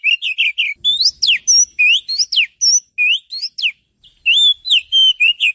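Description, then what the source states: Oriental magpie-robin song: a dense, varied stream of whistles with sharp upsweeps and downslurs, and one short pause about two-thirds through. Champion bird's song.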